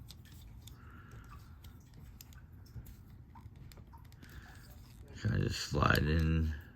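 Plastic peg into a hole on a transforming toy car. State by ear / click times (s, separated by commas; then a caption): not seated / none. Someone talks while handling an Irontrans MO1 plastic toy police car robot (Prowl) mid-transformation, collapsing its parts and sliding a plastic peg toward its hole. Faint plastic ticks come through early on, then louder handling noise rises around 5.3 s and continues to about 6.6 s. The peg has not snapped home, and nothing has seated or clicked yet.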